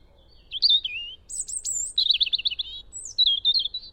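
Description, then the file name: European robin song: a quick string of thin, high warbled phrases, some trilled and wavering, over about four seconds. "Erithacus rubecula"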